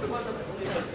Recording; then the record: coughing mixed with background sound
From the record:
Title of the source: Barking cough - # 10